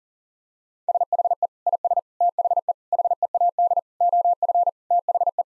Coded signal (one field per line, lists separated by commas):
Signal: Morse code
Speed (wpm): 40 wpm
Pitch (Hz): 700 Hz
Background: none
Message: SHE IS THE HEAD OF THE